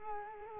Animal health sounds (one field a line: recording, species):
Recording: mosquito wingbeat signal from an infrared sensor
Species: Culex quinquefasciatus